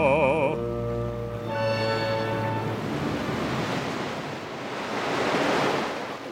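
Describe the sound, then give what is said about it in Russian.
A few seconds of sustained, wavering musical tones give way to a steady roar of ocean surf and wind, a broad rushing noise that swells louder toward the end. “Косматый злится океан, с ветрами споря, но держит путь свой капитан, хозяин моря.”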